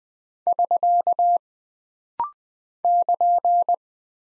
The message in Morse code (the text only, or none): <SK> <KN>